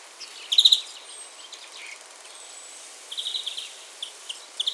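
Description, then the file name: European greenfinch calls: a quick burst of twittering notes near the start, a thin faint whistle, then another run of chirps and a few single notes, with background hiss. "Chloris chloris"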